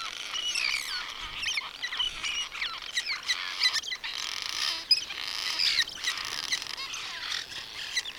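Birdsong from a dense chorus, overlapping high chirps and twittering whistled notes running without pause, several birds singing at once.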